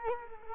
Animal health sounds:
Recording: mosquito wingbeat signal from an infrared sensor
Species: Culex quinquefasciatus

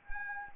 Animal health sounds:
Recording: mosquito wingbeat signal from an infrared sensor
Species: Anopheles arabiensis

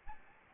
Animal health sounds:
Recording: mosquito wingbeat signal from an infrared sensor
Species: Aedes albopictus

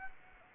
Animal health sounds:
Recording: mosquito wingbeat signal from an infrared sensor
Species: Aedes aegypti

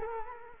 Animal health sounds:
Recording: mosquito wingbeat signal from an infrared sensor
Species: Culex quinquefasciatus

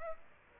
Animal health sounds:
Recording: mosquito wingbeat signal from an infrared sensor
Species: Aedes aegypti

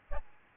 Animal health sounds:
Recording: mosquito wingbeat signal from an infrared sensor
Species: Aedes albopictus

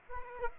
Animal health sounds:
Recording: mosquito wingbeat signal from an infrared sensor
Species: Aedes aegypti

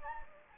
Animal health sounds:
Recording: mosquito wingbeat signal from an infrared sensor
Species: Anopheles gambiae

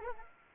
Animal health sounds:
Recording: mosquito wingbeat signal from an infrared sensor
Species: Anopheles arabiensis

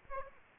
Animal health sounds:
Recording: mosquito wingbeat signal from an infrared sensor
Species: Aedes aegypti

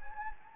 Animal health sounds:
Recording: mosquito wingbeat signal from an infrared sensor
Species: Anopheles gambiae

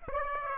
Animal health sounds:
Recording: mosquito wingbeat signal from an infrared sensor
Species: Aedes aegypti

